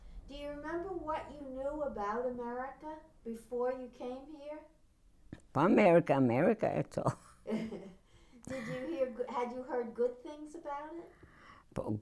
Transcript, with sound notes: Do you remember what you knew about America before you came here?
America, America, that's all. ( she laughs )
Did you hear, had you heard good things about it?